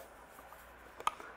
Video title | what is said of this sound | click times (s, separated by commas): Heavy Duty Aluminum Polaris Sportsman Hall Effect Speed Sensor Installation | does have a waterproof connector on it and I'll snap right into place then | 1.1 s